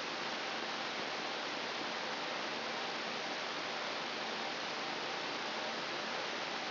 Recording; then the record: brain microelectrode recording played as sound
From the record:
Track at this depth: inside the subthalamic nucleus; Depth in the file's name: 1.75 mm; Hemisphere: right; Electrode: 3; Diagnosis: Parkinson's disease